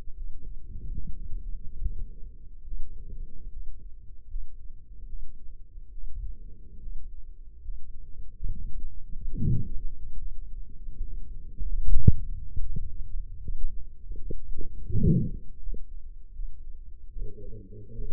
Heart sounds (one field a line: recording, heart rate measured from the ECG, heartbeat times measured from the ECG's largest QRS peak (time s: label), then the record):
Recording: heart sounds by microphone in the left ear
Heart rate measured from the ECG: 74 bpm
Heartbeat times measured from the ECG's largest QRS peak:
0.13 s: heartbeat
0.96 s: heartbeat
1.79 s: heartbeat
2.63 s: heartbeat
3.49 s: heartbeat
4.27 s: heartbeat
5.06 s: heartbeat
5.91 s: heartbeat
6.79 s: heartbeat
7.61 s: heartbeat
8.48 s: heartbeat
9.36 s: heartbeat
10.18 s: heartbeat
11.00 s: heartbeat
11.81 s: heartbeat
12.59 s: heartbeat
13.38 s: heartbeat
14.15 s: heartbeat
14.91 s: heartbeat
15.59 s: heartbeat
16.32 s: heartbeat
17.09 s: heartbeat
17.91 s: heartbeat
From the record:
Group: healthy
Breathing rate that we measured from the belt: 18 breaths a minute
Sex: male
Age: 35 years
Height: 178 cm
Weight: 64 kg